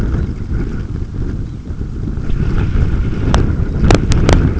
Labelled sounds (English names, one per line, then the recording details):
Red Phalarope
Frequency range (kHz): Red Phalarope 3.1-4.6 kHz
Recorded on Arctic tundra, site UTQI-5, on 28 June 2018
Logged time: 00:00